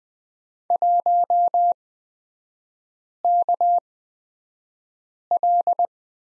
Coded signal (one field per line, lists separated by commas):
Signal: Morse code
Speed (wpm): 20 wpm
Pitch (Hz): 700 Hz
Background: none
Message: 1KL